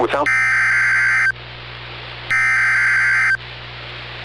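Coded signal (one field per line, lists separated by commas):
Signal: Emergency Alert System (SAME) tones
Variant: header bursts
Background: speech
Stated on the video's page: Special Marine Warning for Puget Sound and Hood Canal from the National Weather Service Seattle, interrupting a tornado warning; tones stated valid.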